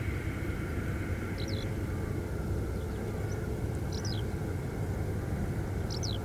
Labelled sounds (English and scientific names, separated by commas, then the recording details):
Eurasian Skylark (Alauda arvensis), Meadow Pipit (Anthus pratensis)
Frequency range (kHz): Eurasian Skylark (Alauda arvensis) 2.9-6.5 kHz; Meadow Pipit (Anthus pratensis) 5.1-6.8 kHz
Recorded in France